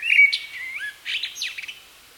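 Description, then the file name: Common blackbird giving a short song phrase: clear sliding whistles followed by a scratchy, high-pitched twittering tail. "Turdus merula"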